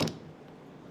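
An interchangeable sanding/brush tool plate (a sanding disc holder) is clicked onto the drive head of a Bona Power Drive floor sanding machine, a solid click meant to keep it from spinning off mid-process. Two sharp, bright clicks land at 0.0 s and 0.1 s, then fade into a low, quiet hum. The plate is seated firmly in place.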